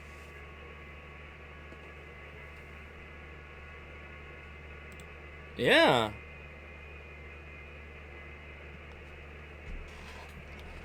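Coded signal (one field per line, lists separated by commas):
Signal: FT8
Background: speech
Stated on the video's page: FT8 on-air activity in a QSO party to test rigs and antennas before Field Day.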